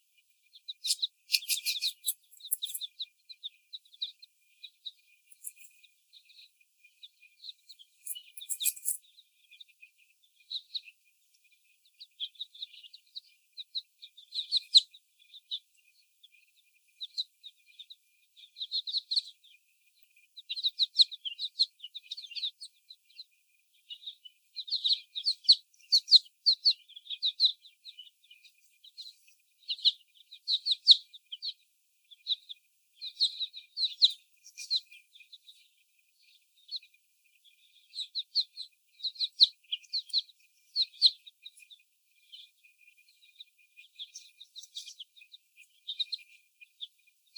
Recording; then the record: young laying hens in a cage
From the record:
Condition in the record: before the stressor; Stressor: sudden umbrella opening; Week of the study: 1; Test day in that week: 1